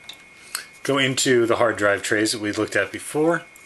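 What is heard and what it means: A hard drive in its plastic tray is handled for an NZXT Phantom 410 SE PC case drive cage while someone talks, with two short sharp handling ticks near 0.1 and 0.6 seconds. Nothing has seated or clicked yet; the tray is not yet home in the cage.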